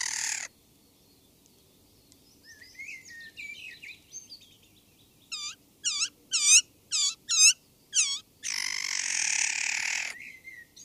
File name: Nocciolaia